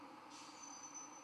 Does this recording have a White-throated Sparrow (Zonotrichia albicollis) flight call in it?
no